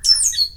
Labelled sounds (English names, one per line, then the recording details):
Stitchbird song
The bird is a male
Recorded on Tiritiri Matangi Island, New Zealand, in 2005
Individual 22, of nest box 31